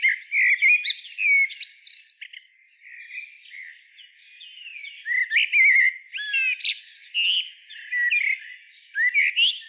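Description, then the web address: Common blackbird singing mellow whistled warbles followed by sharp, high scratchy twitters, phrases repeating every few seconds. "SETE data Turdus merula"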